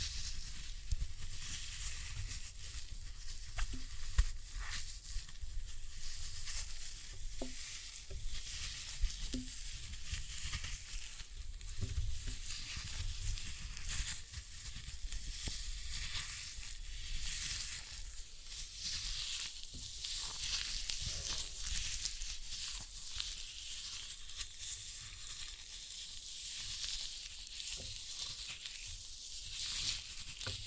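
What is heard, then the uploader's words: Floral foam being crushed, a steady, dense crackling and hissing that sounds much like sizzling. The texture stays bright and continuous for the whole half minute, with scattered small pops and snaps every few seconds and a faint low rumble underneath. ASMR Most Satisfying Floral Foam Glitter Bomb Crushing.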